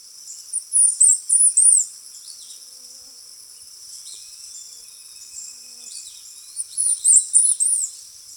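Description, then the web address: Chestnut-capped brush-finch song: two short bursts of thin, very high, sibilant notes, about six seconds apart, over a steady high insect-like hum. Ecuador. "Birds of Ecuador. Chestnut-Capped Brush-Finch"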